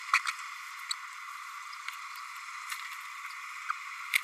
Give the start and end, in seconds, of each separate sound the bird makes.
0.13-0.19, 3.69-3.72